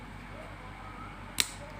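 A sprung, probably plastic part of an electric kettle's switch assembly is pushed into its seat in the switch housing over a steady low background noise. A single sharp click sounds at 1.4 s as the part locks into place and is confirmed locked.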